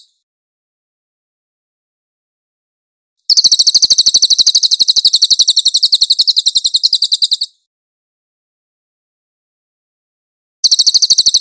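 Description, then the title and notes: Cililin delivering a rapid trill of high chirps for about four seconds, then a long silence, then another fast chirping trill starting. Cililin song with clear audio, for training cage birds. "MASTER SUARA BURUNG CILILIN, AUDIO JERNIH. CICILIN"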